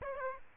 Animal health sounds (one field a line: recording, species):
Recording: mosquito wingbeat signal from an infrared sensor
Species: Aedes aegypti